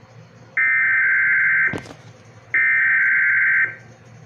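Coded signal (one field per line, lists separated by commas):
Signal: Emergency Alert System (SAME) tones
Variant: header bursts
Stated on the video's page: Weekly test from WSOX, relayed through EASyCAST.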